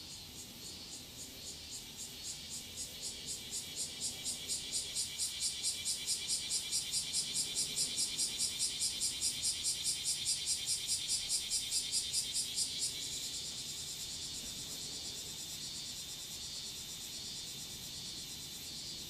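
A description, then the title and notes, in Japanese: Cicadas fill a garden with a bright, rapidly pulsing drone that grows steadily louder over the first half. Around thirteen seconds the pulsing breaks off and the buzz settles into a smoother, slightly softer hiss, over a faint low rumble. 洗濯機が止まるまで庭を録ってみた。中盤あたりから騒がしくなります(セミのせい)。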